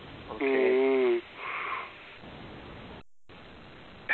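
Snoring from an adult man, heard late at night over a telephone conference line.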